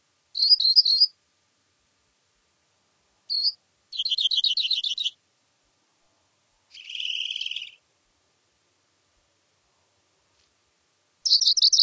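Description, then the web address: Rock Wren song: several short buzzy trilled phrases of rapid repeated notes, varying in pitch and pattern, separated by pauses of uneven length, with no other sounds. "Songs of Birds of North America Stokes. Rock Wren"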